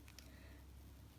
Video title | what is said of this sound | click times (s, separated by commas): Perfume Haul: Blind Buys - Affordable - Niche - Designer - First Impressions & Mini Reviews | again you've got kind of that nice click sound so this one | 0.1 s, 0.2 s